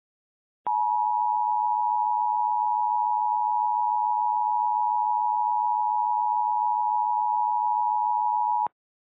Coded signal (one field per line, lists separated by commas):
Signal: Emergency Alert System (SAME) tones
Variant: 853 and 960 Hz attention tone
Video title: EAS Recreation (04/03/18): Tornado Warning on Charter Columbus